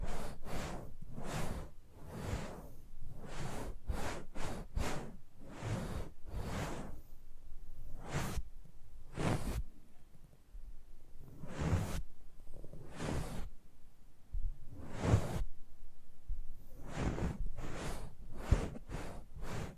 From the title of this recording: ASMR Close Up Mic Treatment